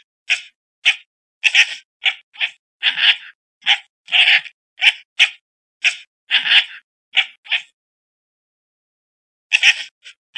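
Fox barking in a rapid run of rasping, hoarse yelps, one after another, then a long silent gap before a few more barks.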